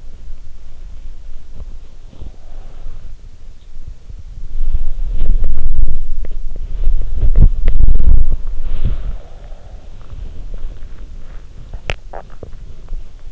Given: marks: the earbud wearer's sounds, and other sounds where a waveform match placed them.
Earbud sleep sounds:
sounds in sleep by an in-ear microphone; body movement, swallowing
0.00-13.32 s: body movement
11.51-12.67 s: swallowing

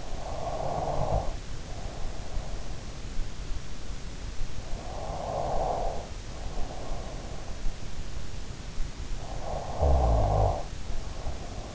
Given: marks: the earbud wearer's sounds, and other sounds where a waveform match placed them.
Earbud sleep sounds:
sounds in sleep by an in-ear microphone; snoring breath
0.00-3.12 s: snoring breath
4.54-7.76 s: snoring breath
8.96-11.75 s: snoring breath

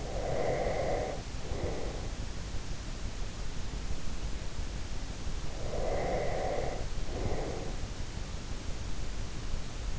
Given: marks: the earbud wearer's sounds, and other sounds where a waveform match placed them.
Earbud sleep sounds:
sounds in sleep by an in-ear microphone; breath
0.00-2.19 s: breath
5.56-7.95 s: breath

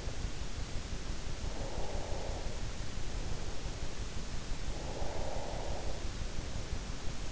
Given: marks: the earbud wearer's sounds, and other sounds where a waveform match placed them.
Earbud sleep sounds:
sounds in sleep by an in-ear microphone; breath
1.12-2.64 s: breath
4.36-6.30 s: breath

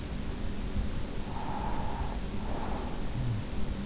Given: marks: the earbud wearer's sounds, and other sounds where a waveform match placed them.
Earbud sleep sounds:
sounds in sleep by an in-ear microphone; breath
0.91-3.48 s: breath

